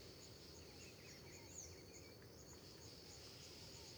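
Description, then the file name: Crickets keep up an even, high-pitched pulsing, while soft bird whistles drift in and out over a low background rumble. Dawn ambience in Terra Ronca park with various birds and crickets; a river off to the right in the distance; recorded in AB stereo. "Ambiencia parque terra ronca amanhecer periquitos e varios passaros, grilos, rio longe a direita, gravacao em ab"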